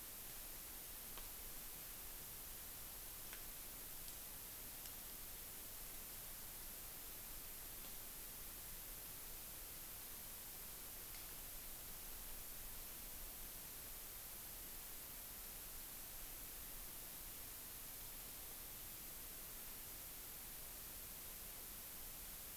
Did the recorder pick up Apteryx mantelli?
no